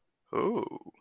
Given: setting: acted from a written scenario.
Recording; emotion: vocal sound without words; desire